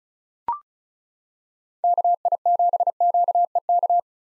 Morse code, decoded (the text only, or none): KI7QEK